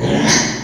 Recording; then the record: squeal of a Yucatan mini pig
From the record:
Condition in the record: before surgery on the right vocal fold (resection and tissue-engineered implant); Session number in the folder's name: 2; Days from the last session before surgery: 0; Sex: male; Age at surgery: 12 weeks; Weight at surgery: 13 kg